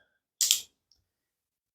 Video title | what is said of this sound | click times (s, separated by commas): Ruger LC9 Breakdown | there's a little bit more of a click but that's okay and then pull the trigger one more time | 0.4 s